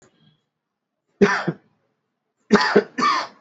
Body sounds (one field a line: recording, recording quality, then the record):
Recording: heavy voluntary cough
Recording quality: excellent, no background noise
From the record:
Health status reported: exposed to COVID-19, no respiratory illness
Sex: male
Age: 31 years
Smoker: yes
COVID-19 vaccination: both doses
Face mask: worn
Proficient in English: yes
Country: India